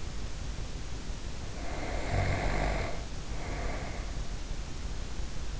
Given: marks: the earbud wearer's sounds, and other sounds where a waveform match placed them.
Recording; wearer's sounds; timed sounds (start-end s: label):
sounds in sleep by an in-ear microphone; snoring breath
1.64-4.16 s: snoring breath